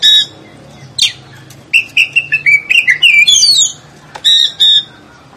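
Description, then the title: Oriental magpie-robin song: varied whistled phrases and sharp notes, with a run of slurred whistles near the middle and harsh chips between bursts. "Kacer"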